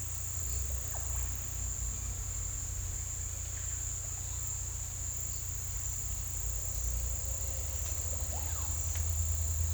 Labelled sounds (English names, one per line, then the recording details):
none
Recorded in pastures near Puerto Asís, Putumayo, Colombia, on 16 December 2024 at 09:00
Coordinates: 0.472, -76.329
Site G072